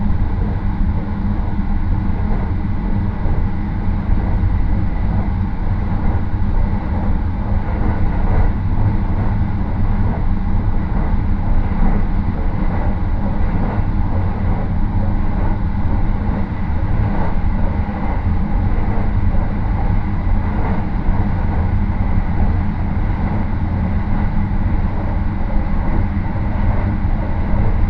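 Onboard the Rapid Marine Liner 40 on the Yosan Line from Takamatsu to Okayama, a deep, steady rumble fills the whole stretch. Low droning noise stays constant in loudness, with faint rhythmic clatter and a thin layer of hiss above it, and no distinct events stand out.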